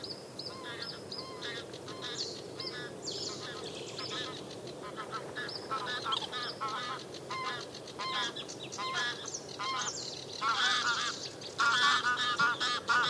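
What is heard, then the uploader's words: A nightingale pours out song over other birds: rapid runs of repeated notes, buzzy phrases and harsh calls that come thick and fast throughout. The song grows louder and fuller toward the end, over a steady low outdoor rumble. The Old Railway Path - Chris Watson. Composer and sound recordist Chris Watson follows the overgrown railway path between Aldeburgh and Saxmundham. Recording an array of elemental, animal and bird sounds. Elemental, animal and bird sounds, including the outpouring of a nightingale.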